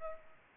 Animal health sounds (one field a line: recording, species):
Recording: mosquito wingbeat signal from an infrared sensor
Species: Aedes albopictus